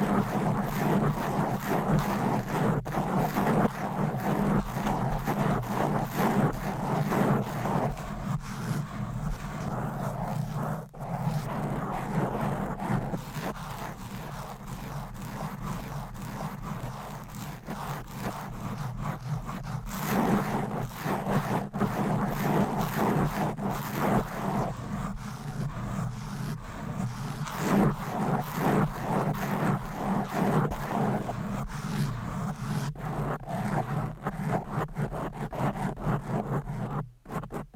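Fast, aggressive mic scratching runs nonstop for the whole clip, a dense rough rasping over a steady low rumble, with brief dips near 11 and 37 seconds.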